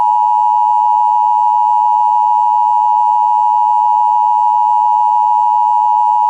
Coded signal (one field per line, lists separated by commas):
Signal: Emergency Alert System (SAME) tones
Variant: 853 and 960 Hz attention tone